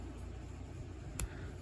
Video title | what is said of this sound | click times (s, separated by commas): Kamen Rider Blokees! Tycoon [Figure Build, 9 of 9] | so bent it snaps on so when it straightens up it kind of locks into place sort of | 1.2 s